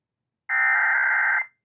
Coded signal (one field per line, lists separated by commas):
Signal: Emergency Alert System (SAME) tones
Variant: header bursts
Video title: New Jersey EAS Required Monthly Tests (12.21.2022)